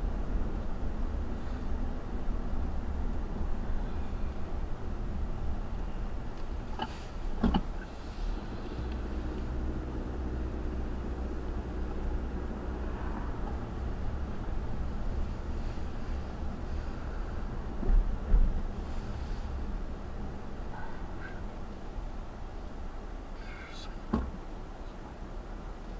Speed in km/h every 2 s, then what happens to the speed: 35, 32, 24, 15, 18, 23, 26, 27, 29, 23, 18, 10, 10.
0-6 slows to 15. 6-16 speeds up to 29. 16-22 slows to 10.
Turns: 5-11.